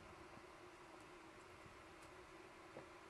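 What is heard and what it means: The Y-axis motor connector is lined up at its header on the control board of an NWA3D A5 printer, ready to be pushed down. Only a steady broadband hiss with a low constant hum and a few faint soft ticks is heard. Nothing has seated or clicked yet.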